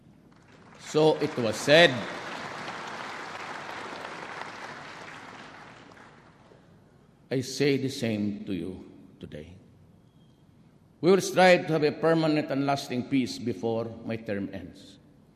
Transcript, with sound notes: so it was said. [applause] I say the same to you today.
We will strive to have a permanent and lasting peace before my term ends.